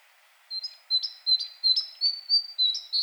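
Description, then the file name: Great tit calls: a series of about eight short, high, sharp notes, some with a brief higher element, spaced roughly every 0.4 seconds after a short quiet start. "Parus major"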